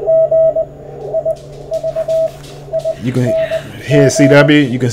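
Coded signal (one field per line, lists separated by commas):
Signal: Morse code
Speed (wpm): 20 wpm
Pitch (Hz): 650 Hz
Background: speech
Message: GIVING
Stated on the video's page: Morse received on an Icom 7300, fed to CW Skimmer through SDRuno in IF mode.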